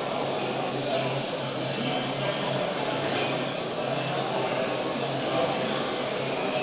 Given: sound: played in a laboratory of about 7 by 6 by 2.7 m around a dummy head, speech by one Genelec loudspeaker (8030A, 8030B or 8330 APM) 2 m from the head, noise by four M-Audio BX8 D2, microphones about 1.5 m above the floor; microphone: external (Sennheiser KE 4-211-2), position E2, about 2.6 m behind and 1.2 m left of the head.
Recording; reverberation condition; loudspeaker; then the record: cafeteria noise; high; four, about 170 cm from the corners of the room and facing them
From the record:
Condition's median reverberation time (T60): about 1300 ms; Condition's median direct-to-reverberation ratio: about -4.0 dB